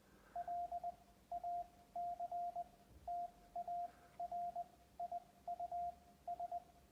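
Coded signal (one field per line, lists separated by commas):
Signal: Morse code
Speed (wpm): 20 wpm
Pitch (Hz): 700 Hz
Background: radio noise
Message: LACTARIUS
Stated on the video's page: Real Morse QSO sent on a Hi Mound HK-707 key by an operator relearning code.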